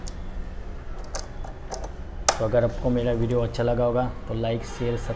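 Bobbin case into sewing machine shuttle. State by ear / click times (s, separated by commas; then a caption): seated / 2.3 s. After oiling the shuttle, a bobbin case is pushed into the shuttle race of an Usha Wonder Stitch sewing machine at its marked point. A few small taps sound at about 0.1, 1.2 and 1.5 seconds, then a loud sharp click at 2.3 seconds as the bobbin case seats in the shuttle. Someone talks through the rest of the clip.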